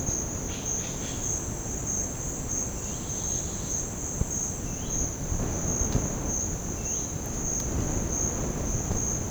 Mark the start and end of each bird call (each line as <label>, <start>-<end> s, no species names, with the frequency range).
bird call (1.2-5.3 kHz), 0.45-1.29 s
bird call (2.4-5.1 kHz), 2.82-3.88 s
bird call (2.0-4.3 kHz), 4.55-5.02 s
bird call (2.1-4.2 kHz), 6.72-7.20 s